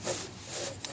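A headlamp bulb socket on a 2010 Milan's passenger side is inserted into the plastic headlamp housing and given a clockwise turn. Two soft rubbing swells are followed by a short, sharp click at 0.8 s as it locks into place.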